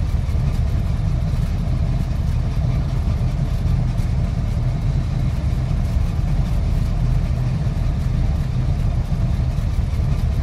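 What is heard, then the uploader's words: A station wagon's engine idles in a steady, low hum, heavy in the bass with a faint rhythmic flutter running through it. The sound stays even for the whole stretch, with a light hiss on top and no other events. 1978 Chevy Impala Station Wagon Engine Idling. The calming sounds of a classic car engine idling. The gentle hum of the engine.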